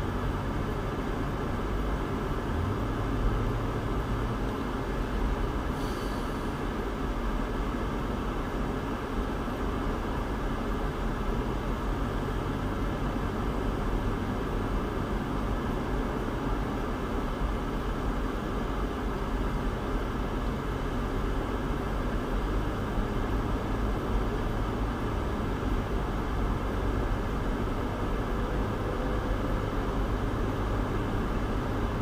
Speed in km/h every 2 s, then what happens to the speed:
31, 32, 32, 32, 31, 31, 32, 34, 34, 34, 34, 37, 39, 42, 45, 48.
0-20 steady at about 32. 20-32 speeds up to 48.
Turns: none.